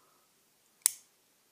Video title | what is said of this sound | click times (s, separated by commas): Leatherman sidekick review | it locks into place unlike other multitools and other um | 0.9 s